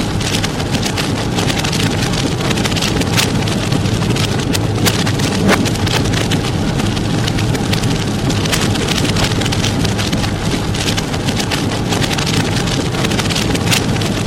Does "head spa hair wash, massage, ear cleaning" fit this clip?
no